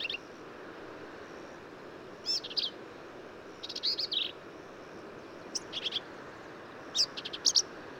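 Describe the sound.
Black-capped vireo song, fainter high twittering phrases spaced out over a steady background hiss.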